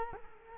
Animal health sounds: mosquito wingbeat signal from an infrared sensor; Culex quinquefasciatus

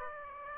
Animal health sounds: mosquito wingbeat signal from an infrared sensor; Aedes aegypti

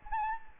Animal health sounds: mosquito wingbeat signal from an infrared sensor; Anopheles gambiae

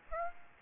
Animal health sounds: mosquito wingbeat signal from an infrared sensor; Aedes aegypti

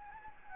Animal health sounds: mosquito wingbeat signal from an infrared sensor; Anopheles gambiae

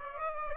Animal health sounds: mosquito wingbeat signal from an infrared sensor; Aedes aegypti

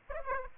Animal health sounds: mosquito wingbeat signal from an infrared sensor; Aedes aegypti

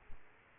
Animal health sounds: mosquito wingbeat signal from an infrared sensor; Aedes aegypti

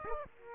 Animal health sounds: mosquito wingbeat signal from an infrared sensor; Aedes aegypti

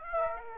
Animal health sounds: mosquito wingbeat signal from an infrared sensor; Aedes aegypti

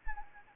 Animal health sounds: mosquito wingbeat signal from an infrared sensor; Anopheles arabiensis

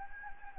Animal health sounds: mosquito wingbeat signal from an infrared sensor; Anopheles gambiae

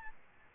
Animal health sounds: mosquito wingbeat signal from an infrared sensor; Aedes albopictus

